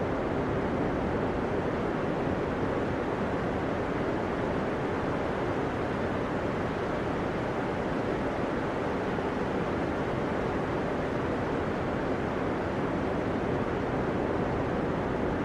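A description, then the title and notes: A steady white noise hiss fills the whole clip without pause, dense and unchanging from start to finish. The sound is full and rushing, weighted toward the low and middle range, much like surf or wind, with no separate events standing out. Sleep Sounds White Noise Ambience.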